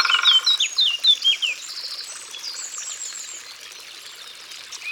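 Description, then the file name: Eurasian blackcap song: a loud, fast warbled phrase of varied whistled notes in the first second and a half, then softer chirping in the background. Recorded in Ardèche. "Fauvette-A-Tete-Noire-Concerts-Naturels-De-l Ardeche"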